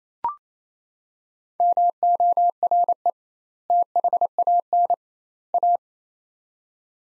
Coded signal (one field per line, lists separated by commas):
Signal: Morse code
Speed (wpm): 28 wpm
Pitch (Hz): 700 Hz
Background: none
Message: MORE THAN A